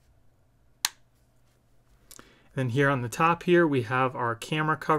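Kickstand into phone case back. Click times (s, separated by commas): 0.8 s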